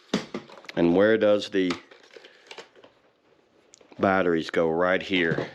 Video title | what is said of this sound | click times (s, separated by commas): Swiffer WetJet all in one Mop Kit (Testing/Review) | So that just pops into place right there. | 0.1 s